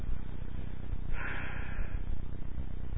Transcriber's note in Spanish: suspiro